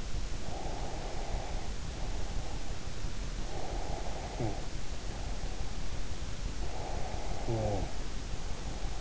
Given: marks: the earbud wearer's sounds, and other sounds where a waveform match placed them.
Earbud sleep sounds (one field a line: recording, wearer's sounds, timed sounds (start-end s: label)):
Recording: sounds in sleep by an in-ear microphone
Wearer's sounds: breath, snoring breath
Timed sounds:
0.63-2.83 s: breath
3.43-5.42 s: breath
6.76-9.01 s: snoring breath